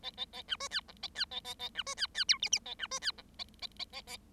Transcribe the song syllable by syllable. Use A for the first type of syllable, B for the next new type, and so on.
A A A B C D E A D A A A B C D D F G G A B C D E A A A A A